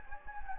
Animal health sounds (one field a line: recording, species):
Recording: mosquito wingbeat signal from an infrared sensor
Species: Anopheles gambiae